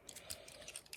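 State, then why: Seated. The plastic shoulder joint of a Transformers Legacy G2 Laser Optimus Prime action figure is pushed into the torso while changing it to robot mode. Several small ratcheting plastic clicks are heard, and the shoulder locks into place with a sharp click at 0.9 s.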